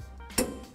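A click-type torque wrench set to 68 ft-lb, fitted with a 19 mm socket and a 5-inch extension, tightens a trailer hitch mounting bolt into the truck frame of a 2011 Nissan Frontier. After quiet background, a single sharp click sounds at 0.4 s, followed by a short fading ring. The wrench clicks at its setting, confirming the bolt has reached 68 ft-lb of torque.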